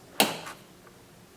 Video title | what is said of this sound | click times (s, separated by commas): BMW B58 M340i JB4 TUNE DIY INSTALL! FAST! | push it in, make sure it locks and clicks, | 0.2 s